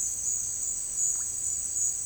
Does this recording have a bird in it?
no